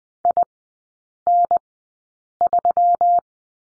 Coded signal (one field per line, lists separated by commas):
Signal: Morse code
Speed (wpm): 20 wpm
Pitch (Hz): 700 Hz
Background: none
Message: IN3